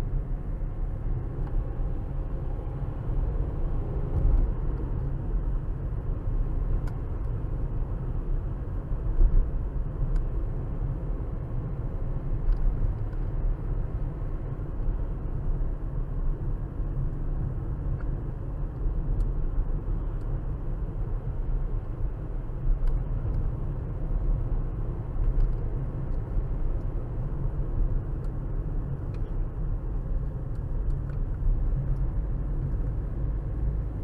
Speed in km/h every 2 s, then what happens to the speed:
48, 48, 60, 58, 60, 58, 58, 58, 55, 53, 55, 55, 56, 56, 56, 52, 50.
0-29 speeds up to 56. 29-34 slows to 50.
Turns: none.